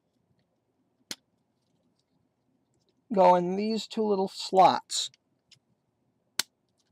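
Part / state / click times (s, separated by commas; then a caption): plastic limb section with two tabs into the slots of a toy robot body / seated / 6.4 s. A plastic arm section of a Transformers Generations Fall of Cybertron Bruticus transforming toy robot is pulled down and its two small tabs are pushed into two slots on the body. A short click sounds at 1.1 s, someone talks in the middle, and a sharp plastic click at 6.4 s marks the section seating into place.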